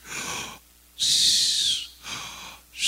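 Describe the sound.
A voice imitates the wheezy, labored breathing of an asthma patient: a short breath in, then a long, loud, high-pitched hissing exhale with a whistling tone, followed by two more strained breaths, with no talking.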